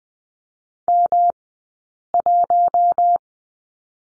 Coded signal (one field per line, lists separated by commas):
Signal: Morse code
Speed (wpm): 20 wpm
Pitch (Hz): 700 Hz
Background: none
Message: M1